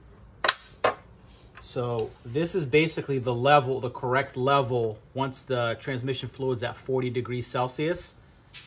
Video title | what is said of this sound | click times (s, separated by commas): 2010 Mercedes E350 W212 722.9 Transmission Service | you want to pop it right into here you're gonna hear it click so | 0.5 s